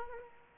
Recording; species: mosquito wingbeat signal from an infrared sensor; Aedes aegypti